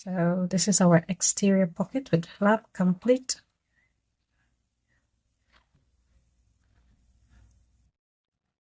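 Someone talks for the first few seconds about a vinyl tote bag's exterior slip pocket, whose flap has a magnetic snap meant to close onto its mate on the pocket. Then faint, soft handling sounds follow in near silence. The snap is being handled but has not closed yet; nothing has seated or clicked.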